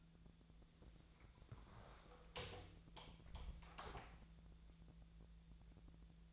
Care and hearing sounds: daily activity, microphone in the room; close door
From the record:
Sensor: 3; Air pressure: 1000.4 hPa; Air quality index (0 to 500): 172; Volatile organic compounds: 3 ppm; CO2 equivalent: 1498 ppm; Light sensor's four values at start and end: 13/31/13/13 and 13/31/13/13

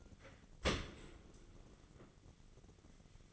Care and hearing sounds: daily activity, microphone in the room; open dishwasher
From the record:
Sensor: 4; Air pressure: 1004.0 hPa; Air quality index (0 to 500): 155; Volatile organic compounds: 2 ppm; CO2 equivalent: 1104 ppm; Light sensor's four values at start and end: 28/68/28/31 and 29/69/29/31

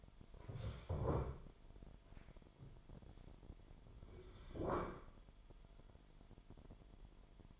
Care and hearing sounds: daily activity, microphone in the room; stand up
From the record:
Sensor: 5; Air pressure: 998.7 hPa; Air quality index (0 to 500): 92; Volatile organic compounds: 2 ppm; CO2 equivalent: 1054 ppm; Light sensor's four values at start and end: 32/79/33/37 and 33/79/33/37

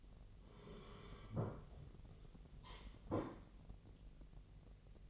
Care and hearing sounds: daily activity, microphone in the room; sit down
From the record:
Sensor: 4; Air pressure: 1002.4 hPa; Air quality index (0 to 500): 249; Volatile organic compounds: 38 ppm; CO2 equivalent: 3114 ppm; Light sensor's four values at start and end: 12/26/11/11 and 12/26/11/11

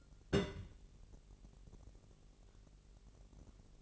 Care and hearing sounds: daily activity, microphone in the room; place on stove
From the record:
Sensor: 4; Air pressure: 1002.8 hPa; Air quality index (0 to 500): 234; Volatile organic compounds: 9 ppm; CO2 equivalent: 2195 ppm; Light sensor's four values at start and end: 7/15/6/6 and 7/15/6/6

